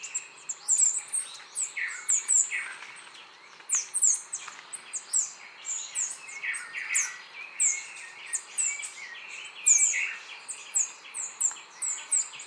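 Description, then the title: Bird song, an unbroken stream of high, quick chirps and trills over warbled lower notes, rising and falling in loudness throughout. "LuckyPassaro Completos2Sama"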